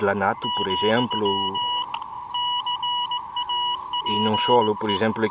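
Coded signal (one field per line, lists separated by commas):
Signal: Morse code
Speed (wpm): 18 wpm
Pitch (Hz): 2900 Hz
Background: speech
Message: , CAPE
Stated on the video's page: Radiotelegraphy from the SAQ station at Grimeton, Sweden, transmitted with the world's only remaining Alexanderson alternator.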